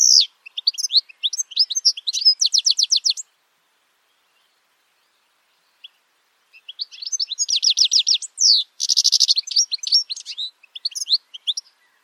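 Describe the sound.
Bird song in two long bouts about three seconds apart, full of rapid chirps, even trills and a dense buzzy stretch.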